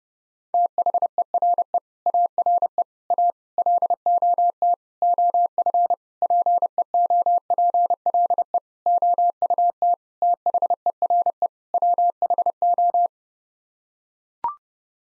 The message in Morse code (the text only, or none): THERE ARE A LOT OF PEOPLE OUT THERE WHO